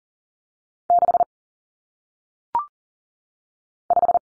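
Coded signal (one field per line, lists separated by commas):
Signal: Morse code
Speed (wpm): 38 wpm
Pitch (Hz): 700 Hz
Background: none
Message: 6 5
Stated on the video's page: Morse code single-digit numbers sent at 40 wpm for head-copy practice, each number sent, spoken, then sent again.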